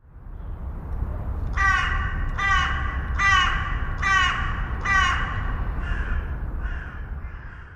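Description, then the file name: Carrion crow cawing: five loud, harsh, hoarse caws about one second apart, followed by two softer, fainter caws, with low rumbling background noise. "Corvus corone"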